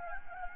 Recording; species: mosquito wingbeat signal from an infrared sensor; Anopheles gambiae